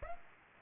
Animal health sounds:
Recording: mosquito wingbeat signal from an infrared sensor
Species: Aedes aegypti

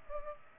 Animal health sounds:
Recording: mosquito wingbeat signal from an infrared sensor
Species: Culex pipiens

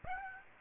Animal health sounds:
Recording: mosquito wingbeat signal from an infrared sensor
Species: Aedes aegypti

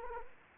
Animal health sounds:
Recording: mosquito wingbeat signal from an infrared sensor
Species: Culex quinquefasciatus

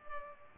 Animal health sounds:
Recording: mosquito wingbeat signal from an infrared sensor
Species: Culex pipiens

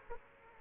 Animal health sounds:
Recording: mosquito wingbeat signal from an infrared sensor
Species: Aedes aegypti

